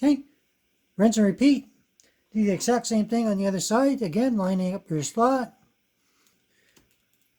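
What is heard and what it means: Someone talks while lining up a second RAM module over its motherboard DIMM slot, with a faint brief tick near the end. The module has not seated or clicked into place yet.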